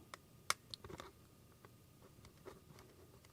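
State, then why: Seated. During a shutter replacement on a Canon R5 with Error 20, an unnamed internal part is pressed home by feel inside the camera body. Two sharp clicks sound at 0.5 and 0.7 seconds among faint ticks and handling noise, and the part seats in place.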